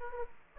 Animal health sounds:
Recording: mosquito wingbeat signal from an infrared sensor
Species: Aedes aegypti

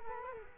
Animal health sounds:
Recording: mosquito wingbeat signal from an infrared sensor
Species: Culex quinquefasciatus

